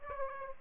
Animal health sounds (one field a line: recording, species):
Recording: mosquito wingbeat signal from an infrared sensor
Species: Aedes aegypti